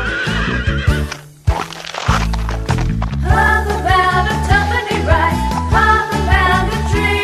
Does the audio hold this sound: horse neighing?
yes